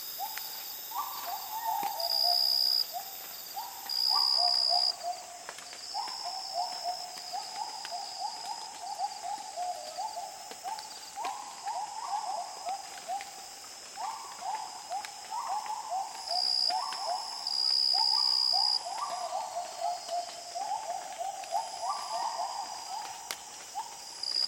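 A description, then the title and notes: Gibbons call in a steady run of rising, stepped hoots that repeat every second or two across the whole stretch, mid-pitched. A constant high insect whine sits above them, with a brighter pulsing trill coming and going, and scattered soft drips tick throughout. Borneo Rainforest - Dawn - Gibbons. Calm dawn chorus with insects and Gibbons in the jungles of Borneo. Soft fog drip and occasional frog and bird calls.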